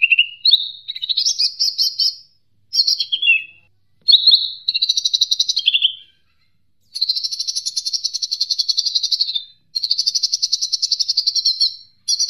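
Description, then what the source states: Leafbird song: bursts of rapid, buzzy, high chattering notes, some phrases stepping up and down in pitch, broken by short pauses. Indonesian masteran training recording for cage birds, ijo mini type.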